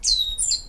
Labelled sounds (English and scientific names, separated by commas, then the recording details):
Stitchbird (Notiomystis cincta) song
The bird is a male
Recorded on Tiritiri Matangi Island, New Zealand, in 2005
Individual 14, of nest box 20